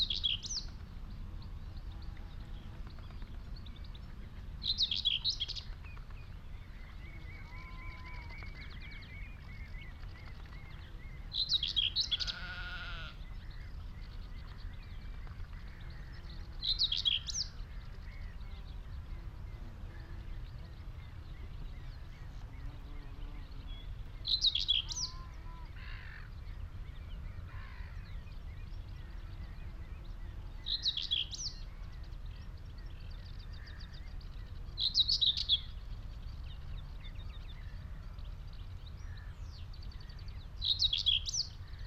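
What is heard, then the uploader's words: Sound scene on Higham Marshes in Kent on a warm May afternoon, beside a hawthorn in blossom. A bird repeats a short, bright, high burst of song every five or six seconds. Fainter calls drift between these, over a steady low rumble. Out in the wide open on Higham Marshes in Kent on a warm May afternoon. The sound scene of the Higham Marshes nature reserve from a little hawthorn tree in full scented blossom. Giant operating container ports rumble on the same horizon.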